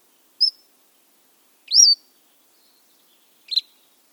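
Cordilleran Flycatcher three-part song: a thin high note, a sharp upslurred middle note, then a short buzzy chip, spaced over about three seconds against a silent background.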